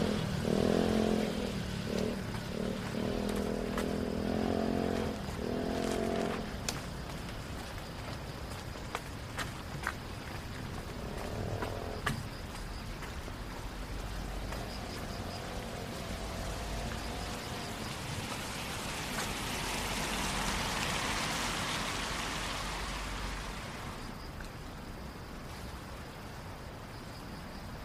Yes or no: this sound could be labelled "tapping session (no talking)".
no